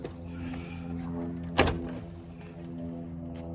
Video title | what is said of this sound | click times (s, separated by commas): Carbon Fiber IPL!!! | It's not latching on the latch. | none